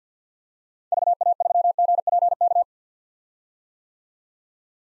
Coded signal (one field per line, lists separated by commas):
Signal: Morse code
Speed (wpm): 50 wpm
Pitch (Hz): 700 Hz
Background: none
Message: VA3GPK